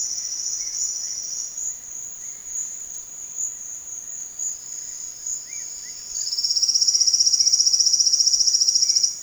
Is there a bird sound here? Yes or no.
yes